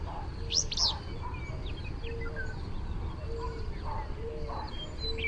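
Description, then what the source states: Willow flycatcher song: one sharp, buzzy two-part phrase near the start, then faint scattered chirps over a steady low rumble. Song given as the fitz-bew type.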